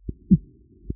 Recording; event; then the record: neck accelerometer signal played as sound; voluntary cough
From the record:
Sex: male